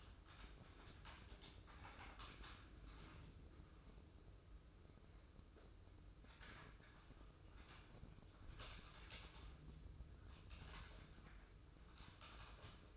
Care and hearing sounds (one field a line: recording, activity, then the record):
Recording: daily activity, microphone in the room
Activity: typing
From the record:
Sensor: 2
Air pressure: 995.1 hPa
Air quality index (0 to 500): 64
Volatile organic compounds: 2 ppm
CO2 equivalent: 1090 ppm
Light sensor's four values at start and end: 17/58/22/22 and 18/61/23/24